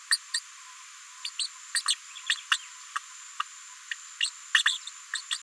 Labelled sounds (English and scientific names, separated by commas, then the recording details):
Green-rumped Parrotlet (Forpus passerinus) babbling
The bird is a female
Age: 36 days
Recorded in a nest box in Venezuela
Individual 17B73B4